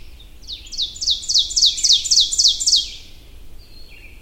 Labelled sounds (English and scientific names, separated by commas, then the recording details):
Ovenbird (Seiurus aurocapilla) song
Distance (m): 15 m
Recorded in boreal forest in Alberta, Canada, on 22 June 2016 at 05:09
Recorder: SongMeter 3, array SBT-6-76
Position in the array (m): 150 m, 99 m
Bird 3